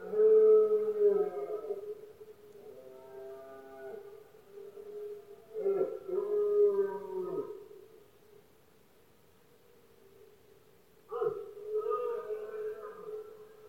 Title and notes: Paisaje sonoro: Berrea. La época de celo del ciervo se conoce comúnmente como “berrea del ciervo” o “brama del ciervo”. los poderosos bramidos de los ciervos machos